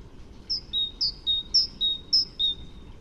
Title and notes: Kjøttmeis by forskningno